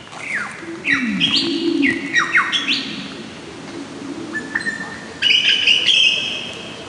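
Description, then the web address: Lyrebird song: loud varied phrases, sharp descending whistled sweeps, then rising ringing notes and a low throaty swoop, with harmonic-rich bursts near the end. Listener recording by Neil Duggan, Turrbulga National Park, Victoria. "earworm extra listener lyrebirds"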